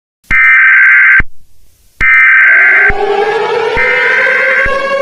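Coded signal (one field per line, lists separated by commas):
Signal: Emergency Alert System (SAME) tones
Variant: header bursts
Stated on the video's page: Fictional EAS scenario.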